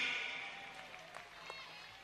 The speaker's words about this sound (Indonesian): Nah, ini bapaknya wali kota Tegal Al-Mukarram Kiai Haji Muhadi Setiabudi, tepuk tangannya. Lebih kenceng lagi.